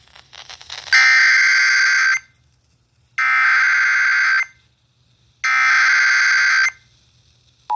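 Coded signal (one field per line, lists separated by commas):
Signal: Emergency Alert System (SAME) tones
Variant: header bursts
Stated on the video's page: Real flash flood warning relayed on a NOAA Weather Radio transmitter and multiple FM broadcast stations.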